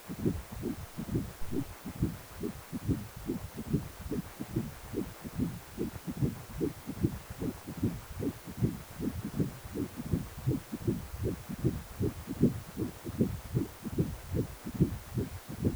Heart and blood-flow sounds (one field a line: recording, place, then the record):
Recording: Doppler ultrasound of blood flow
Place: precordium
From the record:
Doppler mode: continuous wave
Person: healthy adult, 18 to 50 years, no heart murmur, not diving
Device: 2.5 MHz transducer